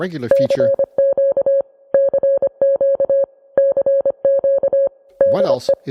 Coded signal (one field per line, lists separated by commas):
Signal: Morse code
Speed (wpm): 25 wpm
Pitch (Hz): 550 Hz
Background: speech, music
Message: CQ CQ CQ DE